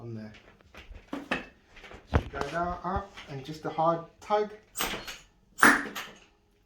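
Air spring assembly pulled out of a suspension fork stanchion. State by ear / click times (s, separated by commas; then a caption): released / 5.6 s. The air spring assembly is pulled out of the aluminium stanchion of a RockShox Yari/Lyrik suspension fork to change its travel. Someone talks, then a hard tug pulls the air spring retainer loose with a sharp pop at 5.6 s, and the retainer comes free.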